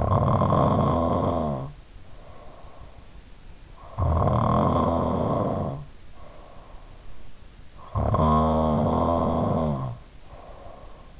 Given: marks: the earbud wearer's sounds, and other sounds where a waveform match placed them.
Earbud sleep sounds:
sounds in sleep by an in-ear microphone; snoring breath
0.00-3.20 s: snoring breath
3.89-6.97 s: snoring breath
8.00-11.20 s: snoring breath

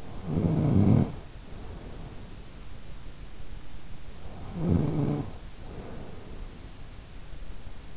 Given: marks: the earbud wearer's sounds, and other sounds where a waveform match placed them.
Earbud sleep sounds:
sounds in sleep by an in-ear microphone; snoring breath
0.00-2.78 s: snoring breath
4.21-7.15 s: snoring breath

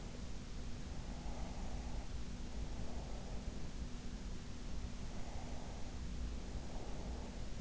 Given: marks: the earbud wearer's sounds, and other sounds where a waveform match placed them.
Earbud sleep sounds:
sounds in sleep by an in-ear microphone; breath
0.75-3.78 s: breath
4.93-7.61 s: breath

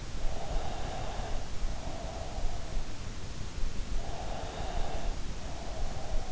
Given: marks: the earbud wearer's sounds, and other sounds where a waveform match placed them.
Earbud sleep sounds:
sounds in sleep by an in-ear microphone; breath
0.22-2.57 s: breath
3.99-6.28 s: breath

